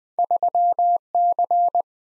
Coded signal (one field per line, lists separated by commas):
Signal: Morse code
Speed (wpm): 21 wpm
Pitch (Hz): 700 Hz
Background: none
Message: 3C